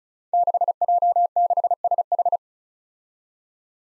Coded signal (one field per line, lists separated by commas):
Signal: Morse code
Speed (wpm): 36 wpm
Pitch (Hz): 700 Hz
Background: none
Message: 6J6SH